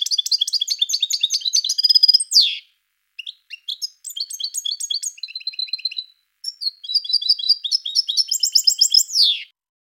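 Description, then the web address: European goldfinch song in three long, dense phrases of rapid liquid twittering and trills, the first and last ending in a harsh buzzy downward slur, with short silent gaps between. "~joaopt canarios racas canto Jilguero"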